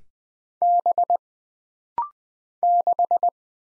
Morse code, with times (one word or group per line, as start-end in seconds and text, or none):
0.6-1.2 B
2.6-3.3 6